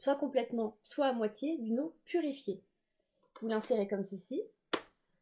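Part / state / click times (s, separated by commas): water reservoir into facial steamer base / seated / 4.7 s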